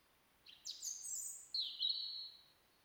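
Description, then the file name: European robin song: a short upward-swooping high phrase followed by a sustained, slightly descending thin whistled trill. "Erithacus rubecula"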